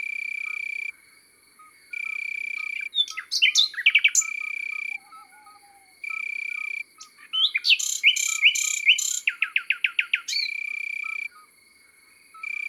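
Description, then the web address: Common nightingale song: jumbled sweeping notes, then a rapid pulsed burst and a fast run of repeated sharp notes. Regular steady buzzing blocks and faint chirps are heard around it. Countryside setting. "Rossignol philomele Chants doiseaux dans la campagne. album chants-doiseaux-dans-la-campagne"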